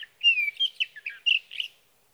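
Sage thrasher song, a short phrase of a drawn-out slurred whistle followed by several quick warbled notes.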